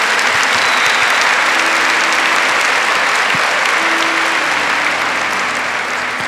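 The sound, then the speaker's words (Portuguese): An audience at a religious camp claps loudly and steadily after a prayer, a dense wash of many hands that holds for several seconds without pause, with no voices standing out above it. “Isso você pode aplaudir, eu não gosto de aplausos, mas a isso você pode aplaudir.”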